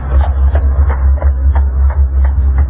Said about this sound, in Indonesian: Iya, saya mendengarnya, Bu. Mari masuk. Itu kereta kuda pembawa bencana sudah datang.